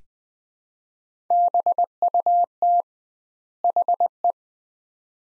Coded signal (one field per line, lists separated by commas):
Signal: Morse code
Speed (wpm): 20 wpm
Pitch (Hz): 700 Hz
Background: none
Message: BUT HE